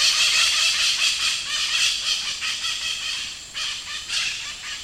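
White-eyed parakeet screeching in harsh, grating shrieks, with louder bursts near the end.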